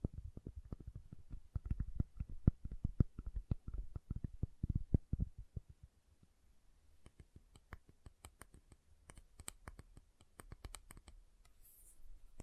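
Soap being tapped and carved, with a quick, dense run of soft, low knocks and clicks through the first half. After about six seconds the sounds thin out into sparser, sharper ticks and scrapes over a faint low hum, with a brief hiss near the end.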